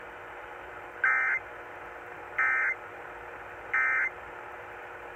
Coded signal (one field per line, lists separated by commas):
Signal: Emergency Alert System (SAME) tones